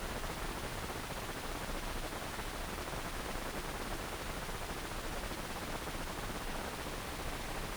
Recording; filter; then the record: brain microelectrode recording played as sound; wide band, above 20 Hz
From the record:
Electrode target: subthalamic nucleus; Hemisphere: right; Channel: 1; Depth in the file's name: 1.506 mm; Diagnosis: Parkinson's disease